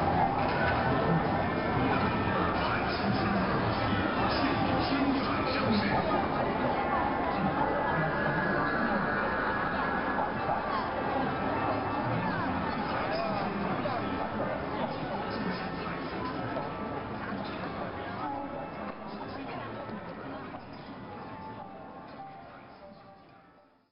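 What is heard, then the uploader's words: Early evening bustle at a busy street market, thick with overlapping voices and chatter that stays dense and steady throughout. Occasional brighter calls and clatter rise out of the murmur, and the whole scene slowly fades out in the last few seconds. Wangfujing Street Market sounds. The early evening sounds of the Wangfujing Street Market in central Beijing, China.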